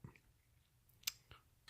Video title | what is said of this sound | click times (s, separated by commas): Will JB Weld fix a stripped chrome windshield wiper on a 1993 chevy s10 | is stripped out inside there it just won't stay | 1.1 s